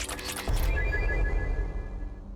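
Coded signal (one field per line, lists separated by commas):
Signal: none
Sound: game's scanner beeps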